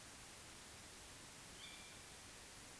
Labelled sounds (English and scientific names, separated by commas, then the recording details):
Tawny Owl (Strix aluco)
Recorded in Germany
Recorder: ecoPi